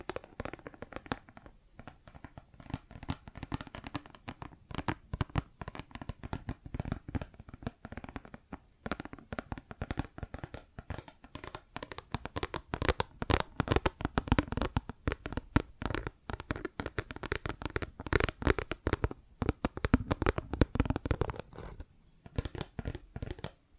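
Plastic objects are tapped and scratched in a dense, busy run of sharp clicks and rustles, with a few brief pauses throughout.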